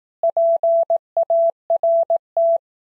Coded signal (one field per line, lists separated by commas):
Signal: Morse code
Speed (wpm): 18 wpm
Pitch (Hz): 670 Hz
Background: none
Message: PART